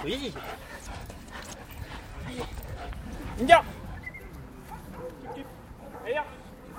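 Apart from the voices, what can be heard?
dog whimpering and barking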